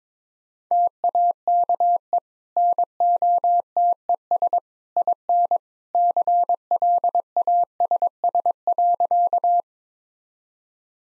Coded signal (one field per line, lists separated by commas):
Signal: Morse code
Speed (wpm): 22 wpm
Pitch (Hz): 700 Hz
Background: none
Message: TAKE NOTES IN CLASS.